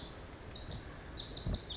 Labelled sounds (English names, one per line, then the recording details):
Pacific Wren
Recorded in Sonoma County, California